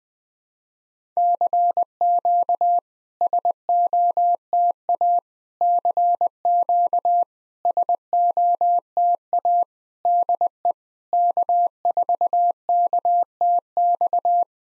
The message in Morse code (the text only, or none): CQ SOTA CQ SOTA DE K4KTX